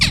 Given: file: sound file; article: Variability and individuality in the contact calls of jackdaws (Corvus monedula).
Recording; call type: jackdaw call; harmonic